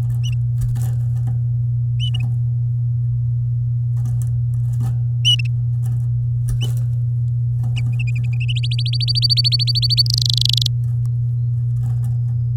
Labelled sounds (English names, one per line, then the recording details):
Domestic Canary song
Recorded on 10 May 2018 at 11:05
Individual llb16